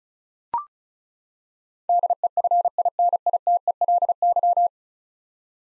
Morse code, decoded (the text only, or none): DEFINITELY